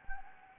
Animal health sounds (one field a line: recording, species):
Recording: mosquito wingbeat signal from an infrared sensor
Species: Anopheles gambiae